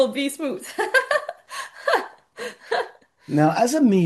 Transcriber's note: laughs